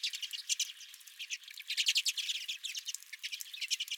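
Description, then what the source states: Redpolls giving short, high chirps and twitters, loosely overlapping in an uneven, lively chatter. Redpolls calling at the recordist's feeder.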